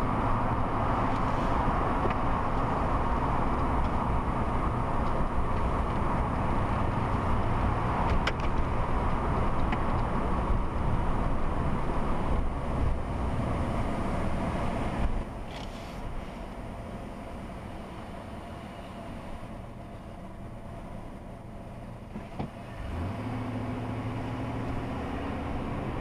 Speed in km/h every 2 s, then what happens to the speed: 52, 47, 42, 42, 40, 31, 19, 11, 2, 0, 0, 13, 23.
0-16 slows to 2. 16-20 standing. 20-26 pulls away to 23.